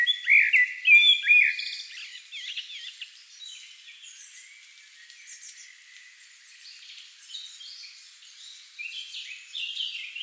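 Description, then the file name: Common blackbird opening with a mellow whistled phrase, followed by a long stretch of thin, high twittering. "Turdus merula"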